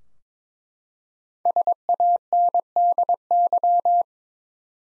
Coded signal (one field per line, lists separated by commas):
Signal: Morse code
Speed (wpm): 22 wpm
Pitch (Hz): 700 Hz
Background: none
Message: SANDY